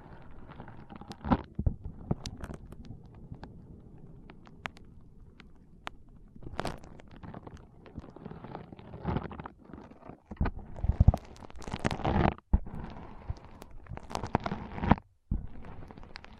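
Foam being squeezed and rubbed for a brain massage, with soft crackling friction and bright crisp scrunches near 1–2, 6–7, 11–12 and 14–15 seconds. Between the bursts, a low rumbling rubbing continues, with a few brief drops to near-silence around 10, 12.5 and 15 seconds.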